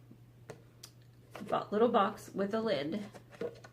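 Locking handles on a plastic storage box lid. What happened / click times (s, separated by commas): Handled, not yet home: the plastic box lid is handled but its latches have not locked / none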